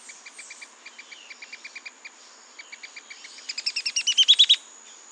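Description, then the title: Mouse-colored tyrannulet: scattered short chips at first, then a fast run of strong notes building to a loud climax, with a constant high-pitched insect drone. Subspecies wagae. "LuckyPassaro Completos2Sama. Mouse-colored Tyrannulet (Phaeomyias murina wagae)"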